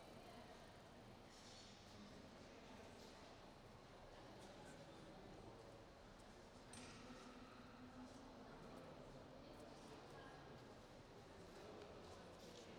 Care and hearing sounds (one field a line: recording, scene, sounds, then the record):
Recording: everyday scene through a hearing-aid microphone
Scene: reverberant space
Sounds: background noise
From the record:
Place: railway station hall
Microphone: in the ear canal, right